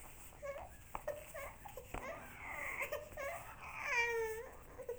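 A young infant fusses in short whimpering bursts that build into a longer, higher wail near the end, with clear tonal cry voicing. This is an ordinary baby cry in a small, quiet room.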